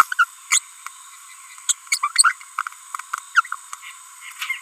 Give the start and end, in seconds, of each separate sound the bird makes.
0.19-0.25, 0.51-0.59, 1.69-1.73, 1.92-1.98, 2.03-2.11, 2.16-2.33